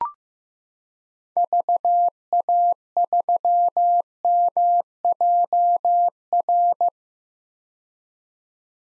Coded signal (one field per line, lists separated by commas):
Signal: Morse code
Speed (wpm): 15 wpm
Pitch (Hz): 700 Hz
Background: none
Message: VA3MJR